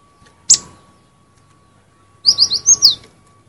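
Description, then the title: Cinereous tit song: one sharp click, then a rapid run of five high, slurred chirps, over a faint constant hum. "suara burung gelatik winko"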